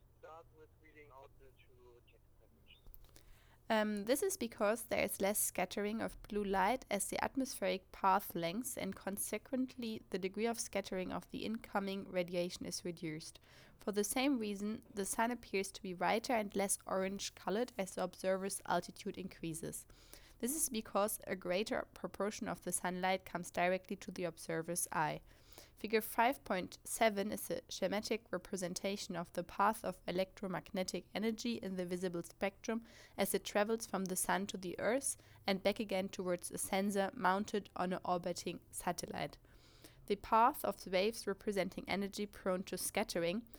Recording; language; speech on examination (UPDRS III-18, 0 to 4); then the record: text read into a phone; English; 0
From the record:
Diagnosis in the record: healthy control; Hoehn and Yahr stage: 0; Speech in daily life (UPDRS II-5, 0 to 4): 0